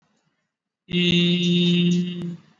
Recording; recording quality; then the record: sustained vowel as in beet; excellent, no background noise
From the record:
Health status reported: exposed to COVID-19, no respiratory illness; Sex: male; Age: 40 years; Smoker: no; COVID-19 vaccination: both doses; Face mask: worn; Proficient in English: yes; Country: India